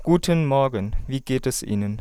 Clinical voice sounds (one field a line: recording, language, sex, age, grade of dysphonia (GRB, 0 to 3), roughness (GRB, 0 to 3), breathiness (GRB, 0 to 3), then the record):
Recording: spoken sentence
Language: German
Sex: male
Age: 20 to 29 years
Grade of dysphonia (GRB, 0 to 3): 0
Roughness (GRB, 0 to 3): 0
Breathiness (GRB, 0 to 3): 0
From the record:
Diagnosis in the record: healthy voice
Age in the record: 26 years